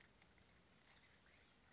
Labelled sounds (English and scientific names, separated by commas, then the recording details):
Oak Titmouse (Baeolophus inornatus)
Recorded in Sonoma County, California